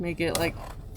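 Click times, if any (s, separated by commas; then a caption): none. While unboxing a satellite internet dish, someone handles a small plastic kickstand piece being fitted onto the dish's mounting so it can stand on the ground, and talks throughout. Nothing has seated or clicked yet; the clip ends just before the piece snaps into place.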